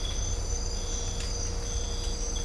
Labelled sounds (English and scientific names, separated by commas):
none